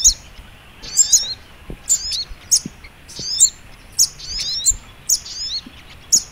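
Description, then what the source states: Little Spiderhunter chirping song: very high, thin twittering phrases in short bursts, spaced irregularly, with faint low taps beneath. Masteran (training song) of sogok ontong in the labaik song style.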